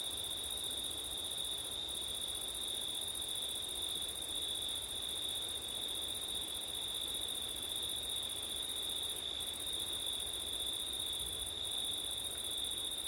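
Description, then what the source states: Crickets trilling in a steady, unbroken chorus, with a continuous high shrill band and a fainter higher tone, over a soft hiss of wind. Crickets singing on a September night in wind, recorded with an ORTF setup.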